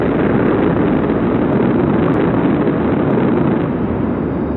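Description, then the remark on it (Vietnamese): A loud, steady roar of wind rushes without pause, a deep rumbling low end running beneath the broad hiss like rolling thunder, with no voices. “Lúc này chợt có tiếng gió ào ào nổi lên, ầm vang như sấm giật.”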